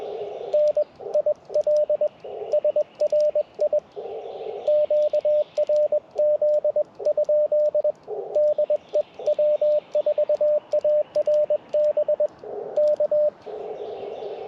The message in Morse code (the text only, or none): N IL SRI QRZ? DE W4ARB K